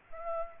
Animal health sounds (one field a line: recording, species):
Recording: mosquito wingbeat signal from an infrared sensor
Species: Aedes aegypti